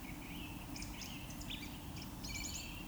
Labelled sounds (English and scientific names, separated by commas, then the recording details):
Eurasian Woodcock (Scolopax rusticola)
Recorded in Baden-Württemberg, Germany, on 22 June 2020 at 19:44 UTC
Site 43286, 227 m above sea level